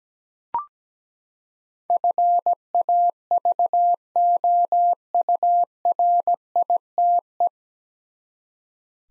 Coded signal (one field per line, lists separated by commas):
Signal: Morse code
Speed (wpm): 17 wpm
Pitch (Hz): 700 Hz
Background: none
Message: FAVOURITE